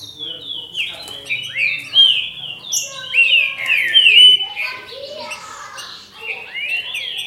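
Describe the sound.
Green-winged saltator: whistled phrases of falling slurred notes over a busy background of chirps and faint noise.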